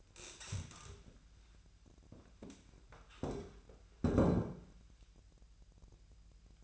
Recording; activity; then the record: daily activity, microphone in the room; stand up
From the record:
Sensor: 2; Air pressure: 1001.8 hPa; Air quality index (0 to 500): 238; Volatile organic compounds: 70 ppm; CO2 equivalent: 3518 ppm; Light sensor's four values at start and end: 8/19/8/8 and 6/15/6/7